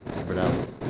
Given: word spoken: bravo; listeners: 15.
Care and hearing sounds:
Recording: one Spanish word in noise, from a listening test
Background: noise modulated by three-talker babble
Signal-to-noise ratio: -3.4 dB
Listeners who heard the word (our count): 4 of 15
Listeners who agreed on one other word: 7 of 15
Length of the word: 0.50 s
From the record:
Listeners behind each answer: 7, 4, 1, 1, 1, 1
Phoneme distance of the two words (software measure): 10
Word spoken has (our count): 2 syllables, 5 phonemes, stress on syllable 1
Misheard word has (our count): 2 syllables, 5 phonemes, stress on syllable 1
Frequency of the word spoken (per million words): 17.94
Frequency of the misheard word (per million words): 63.82

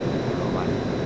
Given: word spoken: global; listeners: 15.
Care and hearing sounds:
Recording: one Spanish word in noise, from a listening test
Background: speech-shaped noise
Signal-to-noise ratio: -6.6 dB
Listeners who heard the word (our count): 1 of 15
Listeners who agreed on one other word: 14 of 15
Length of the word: 0.66 s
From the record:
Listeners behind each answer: 14, 1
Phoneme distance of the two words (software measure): 27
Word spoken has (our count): 2 syllables, 6 phonemes, stress on syllable 2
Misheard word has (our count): 2 syllables, 5 phonemes, stress on syllable 2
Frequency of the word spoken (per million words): 48.02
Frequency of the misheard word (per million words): 8.13

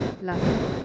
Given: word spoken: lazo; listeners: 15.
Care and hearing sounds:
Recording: one Spanish word in noise, from a listening test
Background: noise modulated by one talker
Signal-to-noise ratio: -8.3 dB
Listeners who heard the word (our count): 1 of 15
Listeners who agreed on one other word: 6 of 15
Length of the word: 0.45 s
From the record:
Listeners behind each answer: 6, 2, 2, 1, 1, 1, 1, 1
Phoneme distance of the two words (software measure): 17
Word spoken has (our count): 2 syllables, 4 phonemes, stress on syllable 1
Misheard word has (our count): 2 syllables, 5 phonemes, stress on syllable 1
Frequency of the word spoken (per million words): 7.31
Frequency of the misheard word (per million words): 129.73

